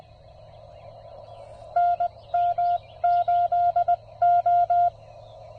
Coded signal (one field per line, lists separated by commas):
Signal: Morse code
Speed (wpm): 19 wpm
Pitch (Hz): 700 Hz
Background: none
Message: NM8O